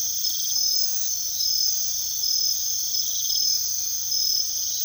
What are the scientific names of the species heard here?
none